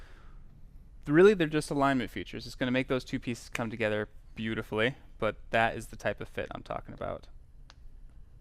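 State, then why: Seated. A person talks as two CNC-cut wooden lamp parts are pressed together over quarter-inch wooden dowel alignment pins. At 7.7 s the tight fit closes with a short, sharp suction snap, and the dowelled wood joint is seated.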